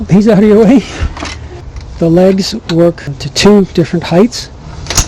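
Someone talks while unfolding and setting the legs of a portable work and dining table from a 2020 Coachmen Beyond; the legs work at two different heights and lock in place with two bars, and the lock is a little tight. Soft handling noises run under the talk, with sharper knocks near the end around 4.9 s, but the leg's locking bar has not seated or clicked yet.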